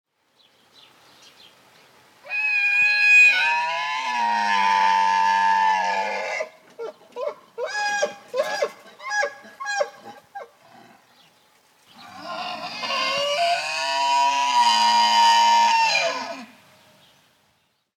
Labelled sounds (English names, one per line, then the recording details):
Wapiti
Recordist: Tembrock, Günter
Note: Hirsch: Dehnungslaute, Lautfolgen